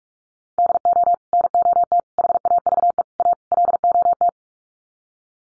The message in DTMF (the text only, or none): none